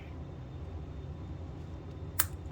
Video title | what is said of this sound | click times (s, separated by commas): 2023 Part 12 New Version Scratch Built Trucks | I can snap it in | 2.2 s